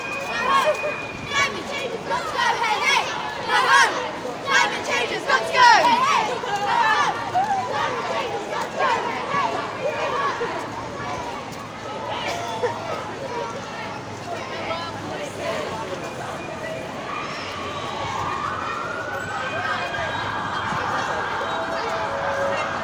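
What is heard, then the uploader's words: Crowd noise at a youth climate strike, with many voices talking and calling outdoors, then a siren rising and holding steady from about sixteen seconds. Recording of Youth Strike for Climate Change.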